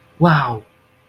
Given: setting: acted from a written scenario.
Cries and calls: vocal sound without words; awe

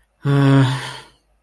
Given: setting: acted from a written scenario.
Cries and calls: vocal sound without words; guilt

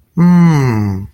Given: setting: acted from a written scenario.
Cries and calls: vocal sound without words; adoration

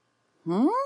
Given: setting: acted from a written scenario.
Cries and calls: vocal sound without words; confusion

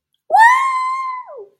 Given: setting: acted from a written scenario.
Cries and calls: vocal sound without words; triumph

